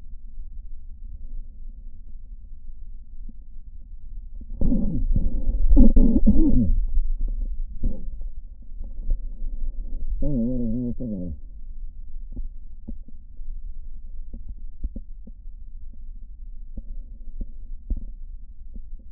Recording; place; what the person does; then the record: lung sounds by stethoscope; left posterior basal chest; quiet breathing, then cough and speech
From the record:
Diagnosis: interstitial lung disease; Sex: male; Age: 61 years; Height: 172 cm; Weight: 71 kg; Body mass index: 24.0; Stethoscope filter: diaphragm mode